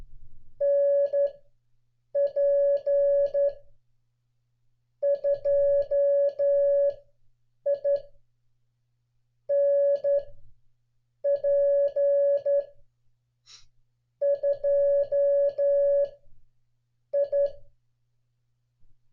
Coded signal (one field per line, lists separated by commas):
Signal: Morse code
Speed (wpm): 11 wpm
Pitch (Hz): 560 Hz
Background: none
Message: NP2I NP2I